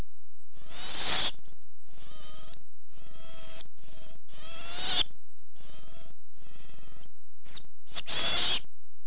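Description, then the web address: Monkey calls: a series of harmonic hooting bursts of varying length, separated by short silences. "webster. MONKEY 1"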